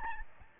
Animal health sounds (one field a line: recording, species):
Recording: mosquito wingbeat signal from an infrared sensor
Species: Aedes albopictus